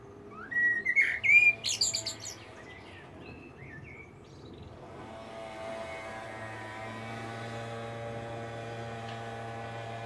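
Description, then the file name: Common blackbird delivers one short fluted warble with squeaky twitters, after which a steady low droning noise rises and fills the rest. "Turdus merula"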